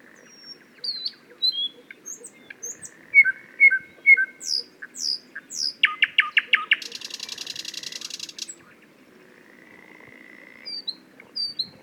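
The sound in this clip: Thrush nightingale song in which scattered whistles and chirps build into a loud burst of repeated knocking notes and a long buzzing rattle, then soft whistles return.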